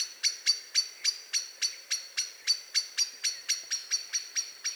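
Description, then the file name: Eurasian blackbird calling with a steady run of hard metallic chinks, about four per second, continuing evenly throughout without a break. "Turdus merula"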